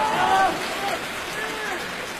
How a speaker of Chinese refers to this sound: 我希望掌声再热烈一点。